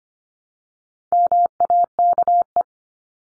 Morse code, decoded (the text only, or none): MAKE